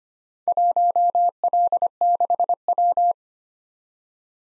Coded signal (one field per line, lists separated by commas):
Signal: Morse code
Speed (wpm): 25 wpm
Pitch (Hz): 700 Hz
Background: none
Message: 1L6W